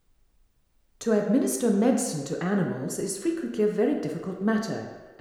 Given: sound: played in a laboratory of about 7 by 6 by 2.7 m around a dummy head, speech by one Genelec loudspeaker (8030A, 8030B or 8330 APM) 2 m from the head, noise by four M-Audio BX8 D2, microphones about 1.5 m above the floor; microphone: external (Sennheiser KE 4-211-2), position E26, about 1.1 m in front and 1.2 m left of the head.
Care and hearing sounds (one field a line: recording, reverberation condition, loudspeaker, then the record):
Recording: female speech in English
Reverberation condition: high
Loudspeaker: 30 degrees to the left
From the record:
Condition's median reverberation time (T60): about 1300 ms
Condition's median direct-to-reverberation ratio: about -4.0 dB